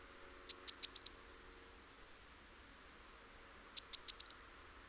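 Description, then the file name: Eurasian blue tit with two quick runs of five high, piercing notes, roughly three seconds apart. "Cyanistes caeruleus"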